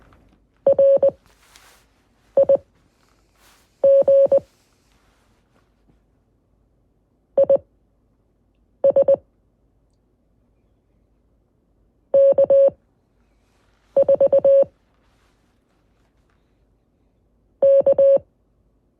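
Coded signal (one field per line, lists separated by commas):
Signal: Morse code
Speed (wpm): 20 wpm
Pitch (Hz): 550 Hz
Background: none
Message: RIG IS K4 K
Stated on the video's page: Lesson on CW prosigns.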